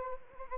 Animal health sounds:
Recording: mosquito wingbeat signal from an infrared sensor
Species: Anopheles arabiensis

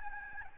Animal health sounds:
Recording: mosquito wingbeat signal from an infrared sensor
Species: Aedes albopictus

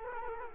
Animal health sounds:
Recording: mosquito wingbeat signal from an infrared sensor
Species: Culex quinquefasciatus

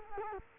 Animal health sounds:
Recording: mosquito wingbeat signal from an infrared sensor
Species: Culex quinquefasciatus

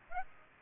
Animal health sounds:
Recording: mosquito wingbeat signal from an infrared sensor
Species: Aedes aegypti

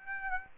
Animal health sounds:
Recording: mosquito wingbeat signal from an infrared sensor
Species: Aedes aegypti

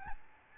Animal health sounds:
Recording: mosquito wingbeat signal from an infrared sensor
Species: Aedes albopictus

